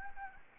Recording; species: mosquito wingbeat signal from an infrared sensor; Anopheles gambiae